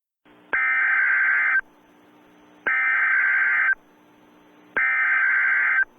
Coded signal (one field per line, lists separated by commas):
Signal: Emergency Alert System (SAME) tones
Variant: header bursts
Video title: EAS Scenario #1.5, Evil Puro, Alt Ending